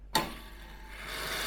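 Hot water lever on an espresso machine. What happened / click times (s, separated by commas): The lever locked into its open position / 0.2 s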